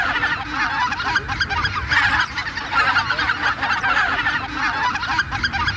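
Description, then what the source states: Greater white-fronted goose flock calling, a dense continuous chorus of high yelping honks overlapping throughout with no pauses. Flock chatter recorded for use in an electronic hunting caller.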